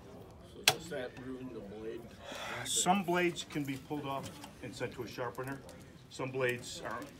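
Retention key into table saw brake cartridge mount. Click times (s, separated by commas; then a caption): 0.7 s. A metal retention key is pushed back into place on the brake cartridge mount of a SawStop table saw. It snaps into place with a single sharp, loud click at 0.7 s. Someone then talks for the rest of the clip.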